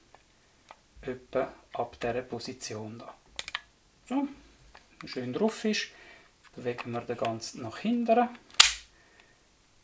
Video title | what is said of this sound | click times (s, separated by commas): How to Field Strip: CANiK TP9 Combat Executive | It "clicks" and locks into Place. | 8.6 s